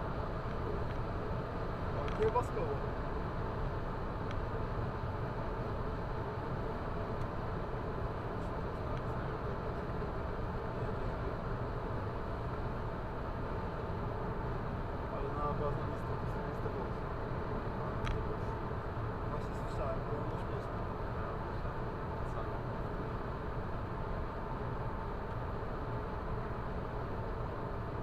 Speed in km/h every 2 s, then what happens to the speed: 117, 114, 111, 108, 109, 108, 109, 110, 109, 109, 109, 109, 108, 108.
0-6 slows to 108. 6-28 steady at about 109.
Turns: none.